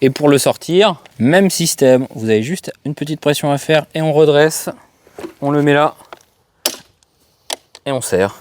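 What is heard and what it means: Someone talks while the folding stem of an Evercross A1 electric scooter is raised from its folded position into its upright folding joint. A loud, hard knock at 6.7 s marks the stem reaching its upright stop and seating. Sharp clicks and knocks follow as the folding lock is tightened.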